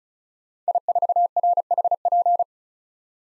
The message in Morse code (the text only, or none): I4RHP